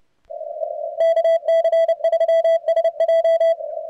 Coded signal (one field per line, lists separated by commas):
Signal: Morse code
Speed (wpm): 30 wpm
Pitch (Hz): 3300 Hz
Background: radio noise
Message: KC3SJ